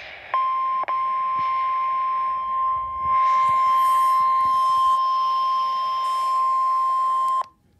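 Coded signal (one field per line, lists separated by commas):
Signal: Emergency Alert System (SAME) tones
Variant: 1050 Hz attention tone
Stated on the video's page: Required weekly test broadcast on NOAA weather radio station in Lockport, Illinois.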